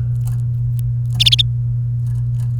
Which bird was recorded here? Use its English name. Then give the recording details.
Domestic Canary. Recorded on 29 April 2018 at 13:20. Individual llb3